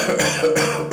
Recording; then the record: coughing mixed with background sound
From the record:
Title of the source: Wet Throat Infection Cough